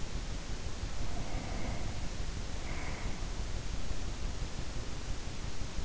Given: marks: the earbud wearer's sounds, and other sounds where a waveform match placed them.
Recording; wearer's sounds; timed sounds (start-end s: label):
sounds in sleep by an in-ear microphone; breath
0.93-3.35 s: breath